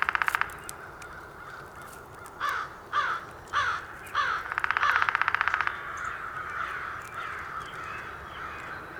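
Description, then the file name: Downy woodpecker drumming in short rapid bursts at the start and middle, with a series of harsh crow-like caws between them. Recorded 19 April 2019. "2019-04-19 Downy Woodpecker"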